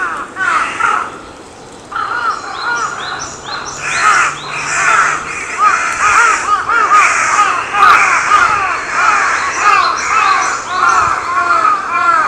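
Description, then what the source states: Crow giving hoarse caws almost continuously, after a short quiet gap near the start. Recorded 14 May 2022.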